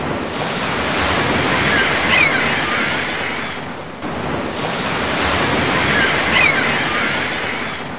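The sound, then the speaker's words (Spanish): Ocean waves wash onto the shore in a steady, hissing roar, swelling into two broad surges that crest and then ebb away. No voices are present. “El mar. Cuánto anhelo mirarte.”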